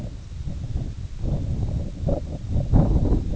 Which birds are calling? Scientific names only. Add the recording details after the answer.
none. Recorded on Arctic tundra, site IGLO-A, on 19 June 2018. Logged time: 03:59